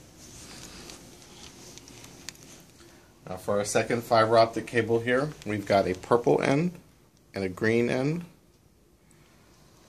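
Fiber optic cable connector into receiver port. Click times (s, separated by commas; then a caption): 2.3 s. A yellow-ended fiber optic cable connector, lined up by its curved and flat sides, is pushed into the yellow-marked port on a receiver, with faint handling sounds over the first seconds. It snaps home with a sharp click at 2.3 s, and the connector is seated. Someone then talks from about 3.2 s to 8.5 s.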